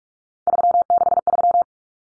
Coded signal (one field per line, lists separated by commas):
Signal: Morse code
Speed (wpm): 44 wpm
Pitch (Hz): 700 Hz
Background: none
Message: 363